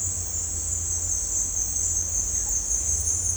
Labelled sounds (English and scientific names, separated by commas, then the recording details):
none
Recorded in dense forest near Puerto Asís, Putumayo, Colombia, on 20 December 2024 at 17:30
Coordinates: 0.466, -76.327
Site G075